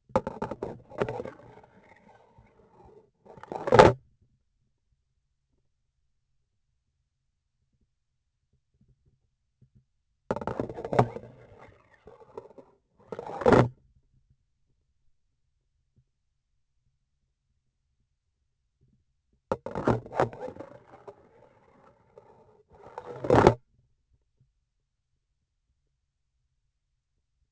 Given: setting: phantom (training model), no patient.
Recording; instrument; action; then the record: laparoscopic instrument, vibration sensor on the handle end; grasping forceps; insertion and removal through the trocar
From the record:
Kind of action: spatial motion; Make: other than Olympus